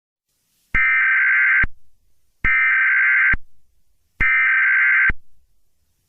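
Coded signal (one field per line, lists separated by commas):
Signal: Emergency Alert System (SAME) tones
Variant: header bursts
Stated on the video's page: Fictional EAS scenario, made for entertainment and not for broadcast; tones may be valid.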